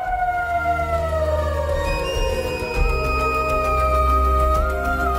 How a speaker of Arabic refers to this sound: بيقول صحيت من نومي الصبح على أصوات زعيق وناس بتصوت وحاجة زي صوت عربية إسعاف.